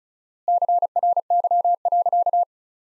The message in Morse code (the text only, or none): CRY.